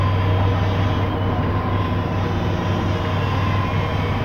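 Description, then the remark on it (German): A locomotive, Mavis from Thomas & seine Freunde, slowly and carefully pulls the engine Tobi back off a bridge onto the rails, with a steady low mechanical drone and a faint sustained whine, unbroken and fairly loud throughout, with no voices. “Langsam und vorsichtig zog sie Tobi von der Brücke zurück auf die Gleise.”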